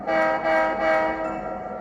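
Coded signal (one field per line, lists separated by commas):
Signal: train horn signal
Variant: model diesel sound decoder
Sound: three short blasts of a multi-chime diesel horn, then a brief fading tail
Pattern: 3 short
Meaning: Three short blasts: the train is about to back up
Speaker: so now we're in Reverse we're going to go ahead and blow our whistle signal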